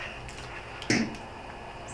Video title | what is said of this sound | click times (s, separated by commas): Holley Sniper Autolite 1100 Conversion Part 4 - Holley in Tank returnless fuel pump | Okay, so we got that on, clicks into place. | 0.9 s